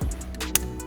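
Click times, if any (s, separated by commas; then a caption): 0.6 s. A coolant line quick-connect, with its c-clip already engaged, is lifted up into the turbo fitting of a Pure 800 big turbo on a B58 engine in a BMW G20 M340i. Faint ticks and handling noise lead to one sharp, loud click at 0.6 s, and the line is fully seated.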